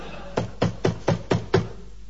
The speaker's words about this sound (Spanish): Vamos a hacer una pausa, en silencio, que me parece que es Rolón que golpea la puerta.